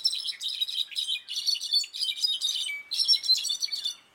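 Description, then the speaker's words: Brown-backed solitaire song, a rich jumble of fluty, tinkling high notes in quick overlapping phrases, with brief pauses between bursts. One of two songs compared; songs differ in structure and duration depending on where birds grow up; heard year-round in high-altitude forests from Mexico to Central America. "Did you notice a difference between those two songs?"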